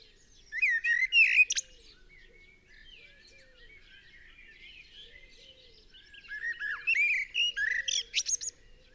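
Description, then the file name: Common blackbird with two warbling phrases ending in shrill twitters, separated by a stretch of soft, quieter chattering notes. "Turdus merula 180718"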